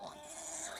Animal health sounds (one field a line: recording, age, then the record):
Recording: pig call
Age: piglet (1 to 25 days)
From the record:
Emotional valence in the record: negative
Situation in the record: short isolation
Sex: male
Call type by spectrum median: high-frequency call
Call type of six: high-frequency stable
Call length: 0.80 s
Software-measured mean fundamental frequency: 274 Hz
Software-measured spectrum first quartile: 1152 Hz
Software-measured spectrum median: 4362 Hz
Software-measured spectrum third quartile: 7457 Hz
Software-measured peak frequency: 668 Hz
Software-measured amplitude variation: 101 dB a second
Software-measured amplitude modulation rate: 28.1 a second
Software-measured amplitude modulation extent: 3.6 dB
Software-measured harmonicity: 2.6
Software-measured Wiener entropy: -2.05